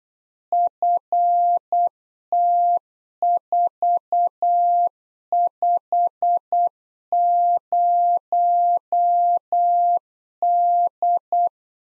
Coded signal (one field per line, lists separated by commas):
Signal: Morse code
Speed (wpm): 8 wpm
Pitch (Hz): 700 Hz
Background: none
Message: FT450D